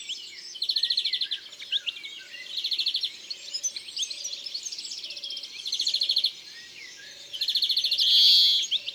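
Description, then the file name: European greenfinch giving short rattling trills repeated several times over a background of chattering notes, ending in a harsh drawn-out wheeze. "Verdier-d Europe-ABC-des-chants-doiseaux"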